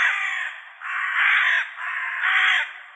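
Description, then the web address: Hooded crow cawing: several long, harsh, hoarse caws in quick succession. "Corvus corone cornix"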